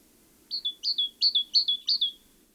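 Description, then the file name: Great tit singing five rapid two-note phrases, each a sharp high note sliding down to a steady lower tone, over a faint low rumble. "Parus major"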